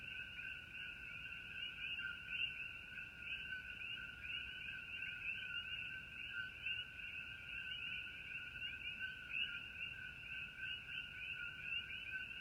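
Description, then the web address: Common coquí frogs in a continuous chorus, countless overlapping two-part calls, a low note then a sharper upswept note, unbroken throughout with soft background rumble. Coquí frogs at night under a starry sky. "starry night coqui frogs ambiance"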